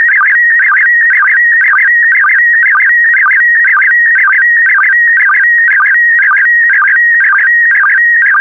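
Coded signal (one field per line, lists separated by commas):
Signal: SSTV (slow-scan television)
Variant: PD120 mode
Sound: warbling tone with a rhythmic chirp about twice a second, steady throughout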